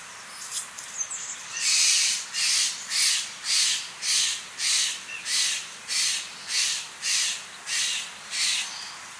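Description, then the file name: Steller's jay calling a rapid series of about twelve short, harsh, grating notes, evenly spaced, over a faint steady hiss. "Cyanocitta stelleri - Steller's Jay"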